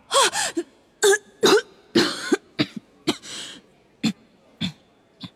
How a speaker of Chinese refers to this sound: 亚克斯利看着他，他忙假装虚弱地咳嗽起来，移开了目光。